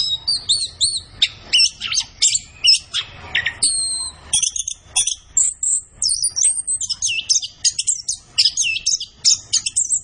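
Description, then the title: Orange-headed thrush song, very high and rapid, with repeated chirp phrases and sweeping whistles, plus a short burst of rasping noise midway. Kept songbird singing gacor (in full, vigorous song), used as masteran to train other birds in Indonesian songbird keeping (kicau mania). "Anis Kembang Gacor. Kicau Mania Masteran Anis Kembang"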